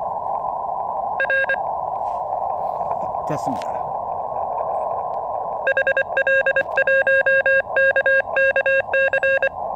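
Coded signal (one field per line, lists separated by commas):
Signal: Morse code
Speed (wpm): 24 wpm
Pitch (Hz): 1600 Hz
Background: speech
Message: R HL1KKC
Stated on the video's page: Summit on the Air activation from a 218 m summit in Seoul using a KX2, QRP, in rainy weather.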